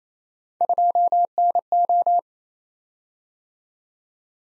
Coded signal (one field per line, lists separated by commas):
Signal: Morse code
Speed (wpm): 28 wpm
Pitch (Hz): 700 Hz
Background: none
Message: 2NO